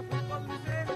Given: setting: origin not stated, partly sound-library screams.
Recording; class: one-second piece from a danger detection set; normal situation